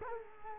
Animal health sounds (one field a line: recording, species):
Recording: mosquito wingbeat signal from an infrared sensor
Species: Culex quinquefasciatus